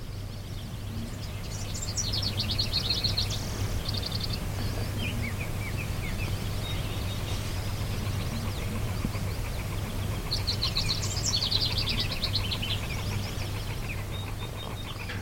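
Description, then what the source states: House wren song: two bursts of rapid, bubbly, jumbled warbling notes, each lasting a few seconds, over a steady low hum. Song described as warbly or bubbly.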